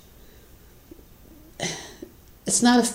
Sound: sigh

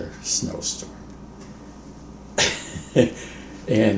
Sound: laughs

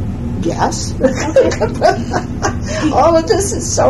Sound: laughs

